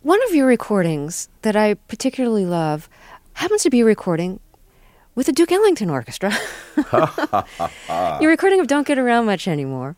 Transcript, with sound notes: One of your recordings that I particularly love happens to be a recording with the Duke Ellington Orchestra... (LAUGHTER) ...Your recording of "Don't Get Around Much Anymore."